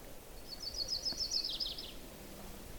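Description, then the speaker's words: Yellow-rumped Warbler song, a quick high trill of evenly repeated notes lasting over a second and dropping slightly at the end, against a quiet background. The only warbler heard singing, on a quiet bog mat with dwarfed black spruce, cedar and Labrador tea, mid-May, cold late spring with ice on water; usually the earliest warbler back. "Except for that yellow-rumped warbler. I'm not hearing any other warblers right now."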